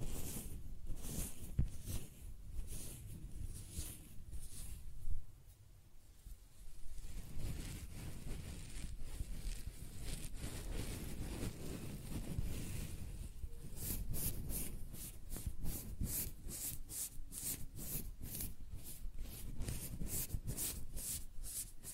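Close-up hair sounds: soft scratching and stroking, with a low rustling rumble that swells and fades. The first seconds bring scattered crisp strokes, and from about 13 seconds on a fast, regular run of bright brushing strokes repeats steadily to the end.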